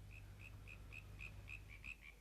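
animal, frogs croaking

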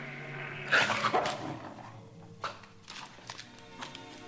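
animal, dog barking

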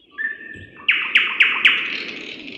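bird, birds singing

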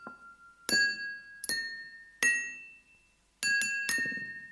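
household object, glasses clinking

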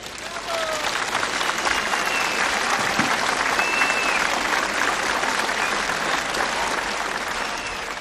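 crowd, audience applause

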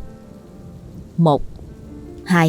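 nature, heavy rain pouring down

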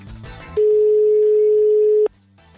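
signal or alarm, telephone ringing tone

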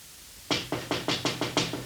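impact, knocking on a window

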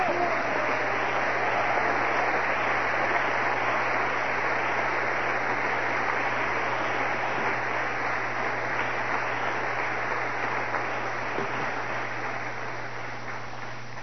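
crowd, audience applauding

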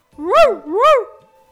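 animal, dog barking

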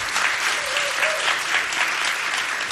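crowd, audience applause

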